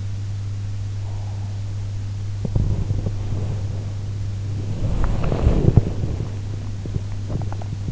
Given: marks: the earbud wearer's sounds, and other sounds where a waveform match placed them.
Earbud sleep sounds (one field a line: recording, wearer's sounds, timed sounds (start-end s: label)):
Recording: sounds in sleep by an in-ear microphone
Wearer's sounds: breath, body movement, swallowing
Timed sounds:
1.03-1.66 s: breath
2.43-7.09 s: body movement
7.21-7.92 s: swallowing